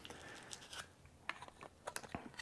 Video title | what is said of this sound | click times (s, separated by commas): How to Safely Load and Unload Remington 870 - Remington 870 Tactical Shotgun Review (NOW IN 4K!) | and each one you're just going to shove in until it clicks | 1.3 s